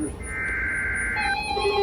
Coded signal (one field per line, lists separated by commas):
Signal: Emergency Alert System (SAME) tones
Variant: header bursts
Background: speech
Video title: PHI flash flood warning (Stations are KWO35, KZZ31 and WXM60) EAS #916 - #917 - #918